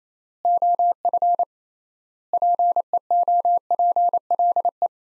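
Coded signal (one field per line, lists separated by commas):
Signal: Morse code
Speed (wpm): 28 wpm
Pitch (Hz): 700 Hz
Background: none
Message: OF PEOPLE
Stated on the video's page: Head-copy practice: sets of five words at 28 wpm with 3x word spacing, a Farnsworth-like method applied to words.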